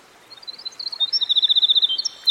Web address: Dan Gibson Songbirds By The Stream Winter Wren